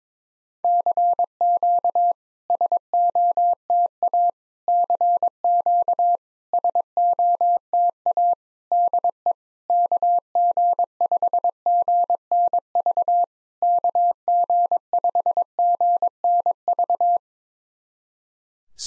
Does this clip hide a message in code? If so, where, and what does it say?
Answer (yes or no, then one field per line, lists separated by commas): yes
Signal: Morse code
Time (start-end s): 0.6-17.2 s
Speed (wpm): 22 wpm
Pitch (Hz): 700 Hz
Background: none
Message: CQ SOTA CQ SOTA DE KG5GNV KG5GNV